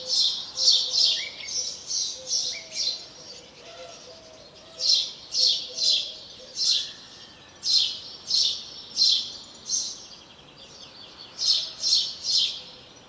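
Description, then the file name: House sparrow chirping repeatedly, short high notes in loose series. "Passer domesticus"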